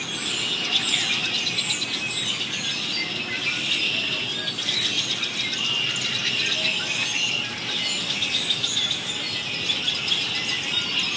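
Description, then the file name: Birds chirping and tweeting nonstop, a thick mass of many overlapping high, quick notes throughout. Many birds calling very excitedly. "birds going absolutely crazy pt 2"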